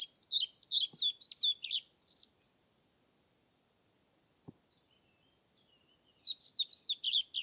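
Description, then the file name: European Pied Flycatcher song: sweet, high, rhythmic notes in two phrases split by a quiet gap, with a couple of faint clicks. Submitted recording, dated 25 May 2021, from Nordvik; made with a Zoom recorder. "20210525 svarthvit nordvik zoom"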